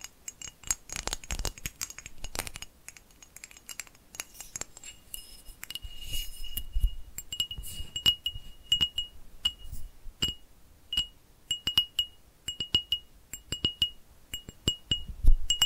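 Quick tapping triggers move through the clip in irregular bursts, crisp clicks mixed with soft low thumps. Throughout, a bright ringing tone chimes repeatedly, joined by glassy clinks, while the taps cluster densely early on and grow sparser and more spaced later.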